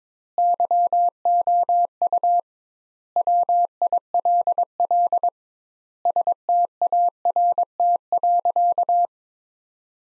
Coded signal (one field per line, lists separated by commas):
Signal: Morse code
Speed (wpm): 22 wpm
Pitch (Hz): 700 Hz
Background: none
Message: YOU WILL START.